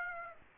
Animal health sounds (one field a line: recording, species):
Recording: mosquito wingbeat signal from an infrared sensor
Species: Aedes aegypti